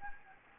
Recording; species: mosquito wingbeat signal from an infrared sensor; Anopheles gambiae